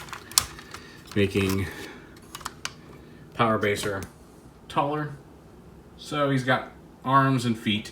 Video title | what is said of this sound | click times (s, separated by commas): Video Review: Fans Hobby MB-11A BLACK GOD ARMOR | then foot will snap right into place they're making | 0.4 s